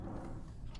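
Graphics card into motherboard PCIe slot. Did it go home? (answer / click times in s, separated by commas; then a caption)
no / none. A graphics card is handled as it is pushed toward the motherboard's PCIe slot, with only a steady low, muffled rumble and a faint brief hiss near 0.8 s. Nothing has seated or clicked yet, and the slot's retention latch has not engaged.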